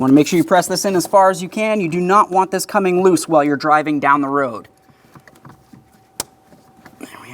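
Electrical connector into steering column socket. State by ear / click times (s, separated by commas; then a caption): seated / 6.2 s. During an upper steering shaft replacement on a 2000-2006 Chevrolet Tahoe, an electrical connector is pressed into its socket on the steering column to be locked with a red locking tab. Someone talks for the first few seconds, then it goes quiet with a few faint ticks before one sharp click at 6.2 s. The connector seats in the steering column socket.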